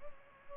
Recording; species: mosquito wingbeat signal from an infrared sensor; Culex pipiens